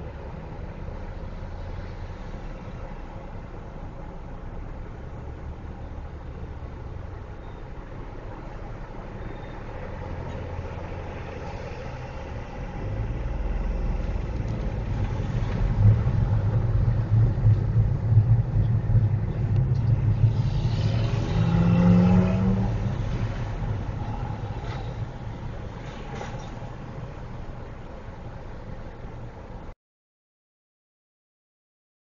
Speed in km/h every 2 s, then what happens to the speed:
0, 0, 0, 0, 0, 0, 0, 11, 15, 13, 10, 5, 0, 0, 0, 0.
0-12 standing. 12-16 pulls away to 15. 16-23 slows to 0. 23-32 standing.